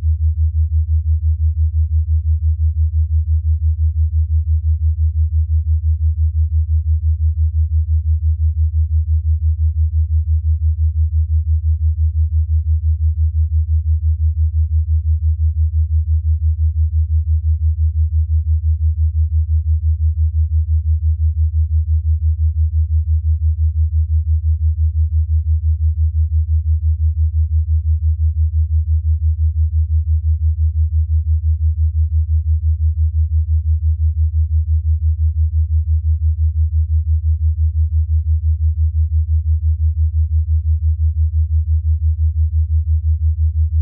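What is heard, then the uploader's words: Binaural beats: a steady, very low pure hum around the bass range, unchanging and constant in loudness for the whole clip, nothing else present. Binaural Beats for Exercise Motivation. Beta wave binaural beats.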